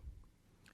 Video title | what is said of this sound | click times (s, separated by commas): Car Seat Installation: Embrace with Convenience Base | now settle the back end of the Embrace carrier onto the base you should hear a click | 0.7 s